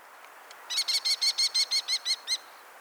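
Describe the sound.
Kestrel call, a quick run of shrill repeated notes, brief and evenly spaced, against a soft hiss.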